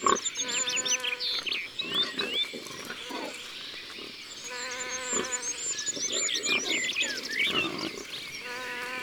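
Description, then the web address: Wild boar grunting in clusters of coarse bursts, with songbirds twittering throughout. "Sanglier. abc de la nature"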